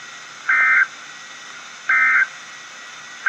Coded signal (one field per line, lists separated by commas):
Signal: Emergency Alert System (SAME) tones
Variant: end-of-message bursts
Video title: REAL EAS 697-Severe thunderstorm watch